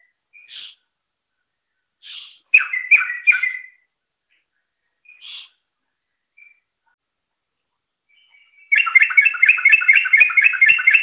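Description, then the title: Yellow-vented bulbul song: a few scattered short notes and a brief chattering phrase, then a sustained fast run of bubbly, rolling notes to the end. "Suara Burung Trucukan"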